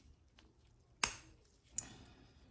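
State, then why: Seated. The internal part of a Honda key fob is pressed into a new plastic replacement shell. It snaps into place with a sharp click at 1.0 s and a second, softer click at 1.8 s. The part is seated.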